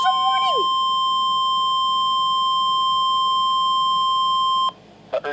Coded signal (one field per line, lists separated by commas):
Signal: Emergency Alert System (SAME) tones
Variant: 1050 Hz attention tone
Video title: (EAS 8) Severe T'storm Warning for MY AREA!!!!